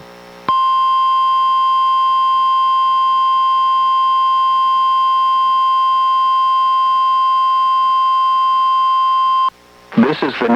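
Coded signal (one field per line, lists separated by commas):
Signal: Emergency Alert System (SAME) tones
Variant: 1050 Hz attention tone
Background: speech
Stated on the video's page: NOAA Weather Radio required weekly test from NWS Portland via Astoria transmitter, recorded from a Reecom R-1630 weather radio through a Zoom H1 recorder.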